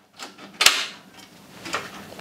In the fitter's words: अब यह सॉलिड हो गए यहां से लॉक हो गया पहले अनलॉक था अब यहां से यह लॉक हो चुका है